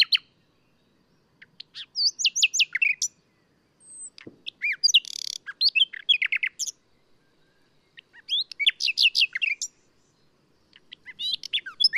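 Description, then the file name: Common nightingale singing several phrases: repeated sweeping whistles, a brief buzzy burst and rapid chattering notes, each phrase followed by a short pause. "Luscinia megarhynchos"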